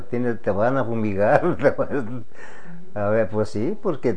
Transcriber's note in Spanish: risas